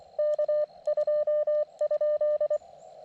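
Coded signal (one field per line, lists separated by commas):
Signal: Morse code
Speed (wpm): 25 wpm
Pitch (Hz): 1800 Hz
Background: radio noise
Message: K2?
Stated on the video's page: QRP CW Parks On The Air activation from a state forest with a KX2 transceiver, in pretty good band conditions.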